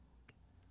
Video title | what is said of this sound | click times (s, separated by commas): 🧽 Comment DEMONTER NETTOYER ET REMONTER les manettes Shimano RSX 3x7V (sans l'outil) | donc il est là il est enclenché | 0.3 s